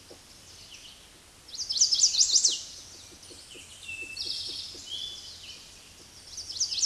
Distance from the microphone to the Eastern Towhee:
about 20 m